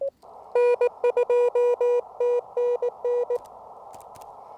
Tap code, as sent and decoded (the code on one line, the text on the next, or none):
none